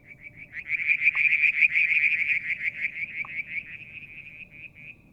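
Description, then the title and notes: Frog call as a fast pulsed high trill rising in loudness then tapering off, with two brief lower taps and faint low background hum. Striped marsh frog, Verreaux's tree frog and an unidentified frog; Mount Wilson, New South Wales, Australia; July 2022; evening, near a water tank. "Frog song, Mount Wilson, New South Wales, Australia in July 2022 – by Alexander Moffatt. Limnodynastes Peronii, Litoria Verreauxii and a mystery frog one evening near the water tank"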